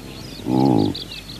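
Saiga antelope makes a single short, low, nasal bellow lasting about half a second, with faint bird twitters behind it.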